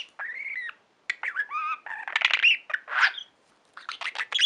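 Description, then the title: Budgerigar chatter: warbled whistles, rising and falling notes and sharp clicks in quick, irregular bursts with short pauses. "Budgie Sounds"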